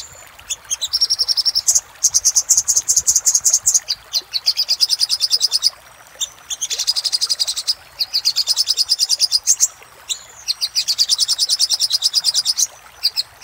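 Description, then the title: Little spiderhunter repeating very fast, high, metallic notes in long sustained trains, pausing briefly between bursts. Master recording for training cage birds; 'Labaik' type of little spiderhunter song. "Masteran Burung Sogok Ontong Labaik"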